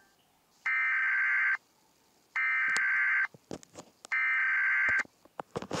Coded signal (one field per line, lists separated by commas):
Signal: Emergency Alert System (SAME) tones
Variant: header bursts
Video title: Eas alarms part 1 different years and current years